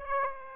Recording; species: mosquito wingbeat signal from an infrared sensor; Aedes aegypti